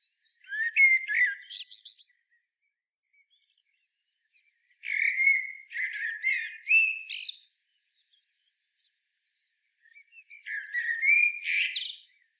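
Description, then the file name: Common blackbird delivering three mellow whistled phrases mixed with high, squeaky chatter, with silence between them. "Turdus merula"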